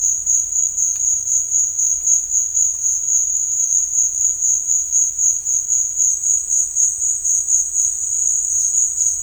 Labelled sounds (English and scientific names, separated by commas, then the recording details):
none
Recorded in dense forest near Puerto Asís, Putumayo, Colombia, on 18 December 2024 at 12:00
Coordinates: 0.481, -76.323
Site G100